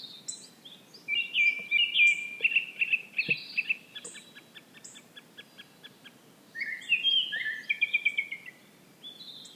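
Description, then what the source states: Brown-headed thrush singing two phrases. The first has whistled notes and a trill, followed by a run of quick ticking notes. The second comes about six seconds later and is similar. Recorded on 7 June 2011.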